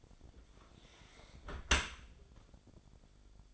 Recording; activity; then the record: daily activity, microphone in the room; close dishwasher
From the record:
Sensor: 5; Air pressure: 1006.8 hPa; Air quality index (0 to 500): 187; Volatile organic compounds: 5 ppm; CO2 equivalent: 1779 ppm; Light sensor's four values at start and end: 54/150/59/60 and 53/147/58/58